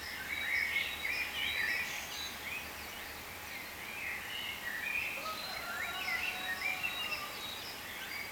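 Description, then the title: Many birds chattering together, high twittering notes and a few longer descending whistles woven through a constant background hiss. "cizici, birds"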